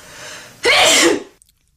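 An adult sneezes once, a single wet, messy-sounding burst.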